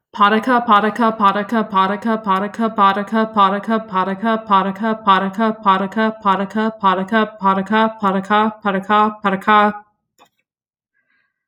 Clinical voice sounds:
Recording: repeated syllables /pa ta ka/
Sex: female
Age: 30 to 39 years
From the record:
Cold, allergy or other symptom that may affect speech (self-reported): no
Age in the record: 38 years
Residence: Missouri, United States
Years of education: 19

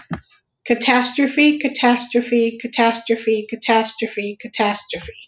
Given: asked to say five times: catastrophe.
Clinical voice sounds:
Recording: repeated word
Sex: female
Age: 30 to 39 years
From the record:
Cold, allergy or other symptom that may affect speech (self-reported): no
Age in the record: 30 years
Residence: South Carolina, United States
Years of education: 12

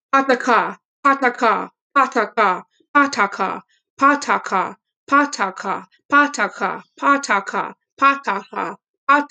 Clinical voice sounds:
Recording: repeated syllables /pa ta ka/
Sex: female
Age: 20 to 29 years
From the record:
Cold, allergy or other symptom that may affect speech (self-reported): no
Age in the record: 21 years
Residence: North Dakota, United States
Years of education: 12

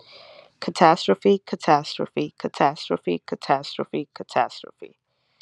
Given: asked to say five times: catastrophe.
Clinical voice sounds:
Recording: repeated word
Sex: female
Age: 20 to 29 years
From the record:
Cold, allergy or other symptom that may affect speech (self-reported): no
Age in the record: 26 years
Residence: Florida, United States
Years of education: 16

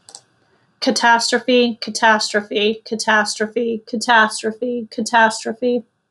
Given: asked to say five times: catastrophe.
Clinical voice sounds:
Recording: repeated word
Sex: female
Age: 30 to 39 years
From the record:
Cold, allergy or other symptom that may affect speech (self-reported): no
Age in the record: 35 years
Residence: North Carolina, United States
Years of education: 14

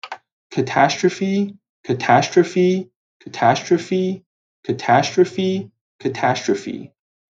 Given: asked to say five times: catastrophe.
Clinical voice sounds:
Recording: repeated word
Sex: male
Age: 20 to 29 years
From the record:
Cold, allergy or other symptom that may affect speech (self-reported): no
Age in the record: 24 years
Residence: New York, United States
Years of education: 16

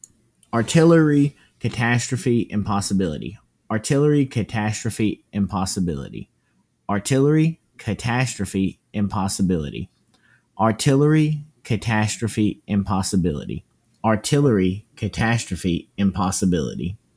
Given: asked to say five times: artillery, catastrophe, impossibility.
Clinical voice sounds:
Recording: three words, each repeated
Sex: male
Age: 30 to 39 years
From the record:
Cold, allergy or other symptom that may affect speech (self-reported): no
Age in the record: 34 years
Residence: Mississippi, United States

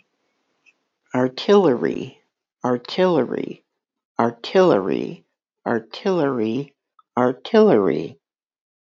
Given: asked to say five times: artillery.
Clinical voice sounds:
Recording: repeated word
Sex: female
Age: 60 to 69 years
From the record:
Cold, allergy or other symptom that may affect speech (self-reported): no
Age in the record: 62 years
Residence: Texas, United States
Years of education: 12

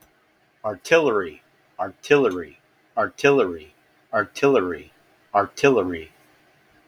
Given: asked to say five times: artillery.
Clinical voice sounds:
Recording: repeated word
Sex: male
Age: 60 to 69 years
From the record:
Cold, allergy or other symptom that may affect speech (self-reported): no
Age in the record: 60 years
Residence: Illinois, United States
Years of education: 16

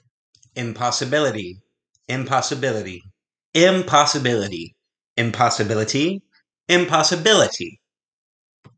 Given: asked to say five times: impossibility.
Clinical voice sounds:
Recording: repeated word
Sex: male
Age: 40 to 49 years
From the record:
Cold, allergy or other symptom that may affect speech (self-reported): no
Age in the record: 47 years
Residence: Texas, United States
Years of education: 16

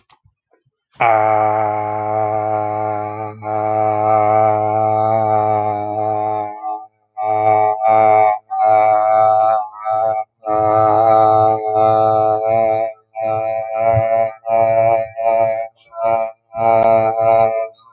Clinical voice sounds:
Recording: vowel held as long as possible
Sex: male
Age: 30 to 39 years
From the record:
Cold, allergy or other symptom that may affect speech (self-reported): no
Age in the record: 35 years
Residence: Texas, United States

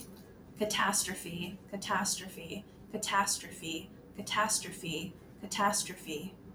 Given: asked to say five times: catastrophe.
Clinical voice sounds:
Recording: repeated word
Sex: female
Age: 30 to 39 years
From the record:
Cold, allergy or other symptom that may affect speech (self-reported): no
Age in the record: 31 years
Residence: United States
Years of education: 18

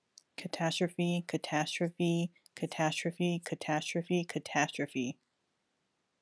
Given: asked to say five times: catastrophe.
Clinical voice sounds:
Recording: repeated word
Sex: female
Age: 20 to 29 years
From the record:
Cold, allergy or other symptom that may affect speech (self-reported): yes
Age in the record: 28 years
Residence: California, United States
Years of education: 13

